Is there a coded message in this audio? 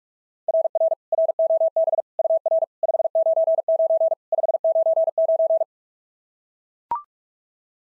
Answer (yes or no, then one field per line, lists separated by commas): yes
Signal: Morse code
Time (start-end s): 0.5-5.6 s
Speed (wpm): 39 wpm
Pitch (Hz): 660 Hz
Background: none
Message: RR ROB UR 599 599